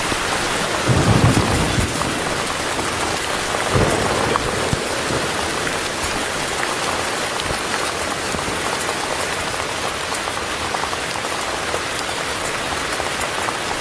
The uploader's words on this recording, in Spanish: El relajante sonido de la lluvia dura y fría. Lluvia Fuerte.